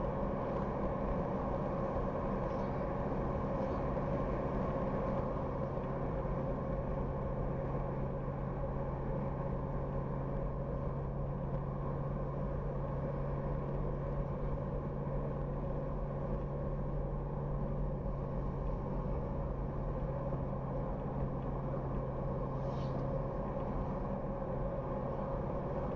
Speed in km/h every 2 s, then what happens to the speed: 82, 82, 82, 82, 84, 85, 88, 88, 89, 89, 87, 84, 83.
0-16 steady at about 84. 16-26 slows to 83.